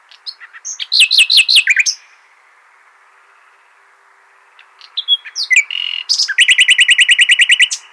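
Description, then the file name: Common nightingale song: a phrase of fast mixed notes, a quiet gap, then varied chirps leading into a rapid, steady trill of repeated notes. "Luscinia megarhynchos"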